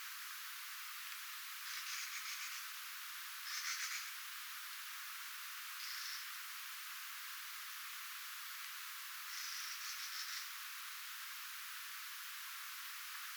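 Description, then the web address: Mistle thrush producing several short, dry rattles, some clipped and brief, irregularly spaced through the recording over an even hiss. Recorded 3 October 2024; the calls somewhat resemble a Eurasian jay's, especially the first sound. "paivat 3 10 2024 kulorastaslinnun aantelya vahan muistuttaa varsinkin ensimmainen aani narhen aanta"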